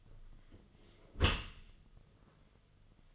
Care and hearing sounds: daily activity, microphone in the room; close dishwasher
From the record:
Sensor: 4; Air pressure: 1005.7 hPa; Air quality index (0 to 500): 109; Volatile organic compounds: 3 ppm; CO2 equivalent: 1363 ppm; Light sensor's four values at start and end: 11/25/10/10 and 12/27/11/10

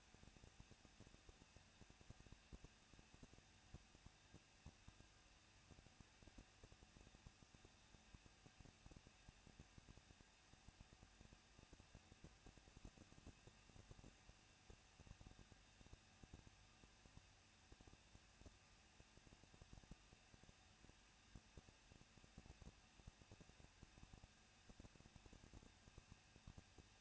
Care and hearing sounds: daily activity, microphone in the room; no activity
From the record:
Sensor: 2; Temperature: 21.0 degrees Celsius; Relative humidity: 37.3%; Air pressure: 1006.5 hPa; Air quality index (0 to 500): 220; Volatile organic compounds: 23 ppm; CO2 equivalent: 2770 ppm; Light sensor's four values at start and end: 2/3/2/2 and 2/3/2/2

